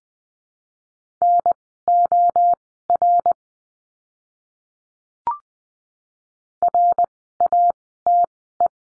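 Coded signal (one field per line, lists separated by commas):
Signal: Morse code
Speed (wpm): 20 wpm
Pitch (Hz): 700 Hz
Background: none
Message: NOR RATE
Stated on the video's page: Morse lesson drill of words with letter R, Farnsworth timing 20/10 wpm.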